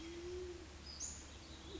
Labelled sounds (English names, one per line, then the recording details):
Western Flycatcher
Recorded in Sonoma County, California